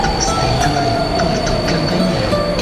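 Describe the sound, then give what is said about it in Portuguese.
An Intercity passenger train on a long-distance run moves steadily along the rails, a loud continuous rumble carrying thin, high-pitched wheel squeals and a slowly falling metallic whine throughout. “Senhores passageiros, o comboio Intercidades segue em longo curso.”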